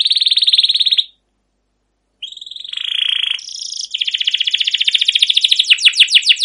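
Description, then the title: Canary song: a buzzy trill breaks off into a second of silence, then returns as a rolling trill that moves into repeated downslurred whistled notes. Canary singing a long rolling song with cuit-cuit notes, in top singing form, used to prompt other canaries to sing. "CUIT CUIT NGEROL LANGSUNG GACOR PANJANG Kenari Ini AMPUH Utk Pancingan KENAR"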